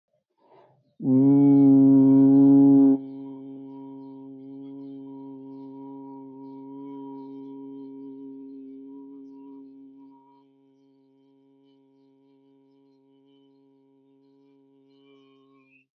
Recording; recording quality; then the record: sustained vowel as in boot; excellent, no background noise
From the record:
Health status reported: healthy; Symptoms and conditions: none ticked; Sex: male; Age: 25 years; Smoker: not ticked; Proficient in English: yes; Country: India